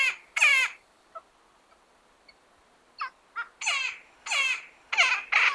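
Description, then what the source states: Woodpecker calls: harsh, raspy bursts given in uneven runs, some short and clipped, others longer and grating, with brief quiet gaps between. Recorded in Patagonia.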